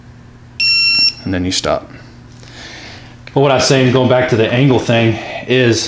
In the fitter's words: up and then it beeps and vibrates there's no clicking like a normal torque wrench I'll do it again and